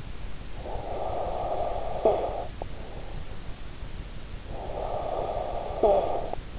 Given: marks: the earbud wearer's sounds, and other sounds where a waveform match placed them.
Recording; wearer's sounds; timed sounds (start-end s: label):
sounds in sleep by an in-ear microphone; snoring breath
0.56-2.87 s: snoring breath
4.56-6.59 s: snoring breath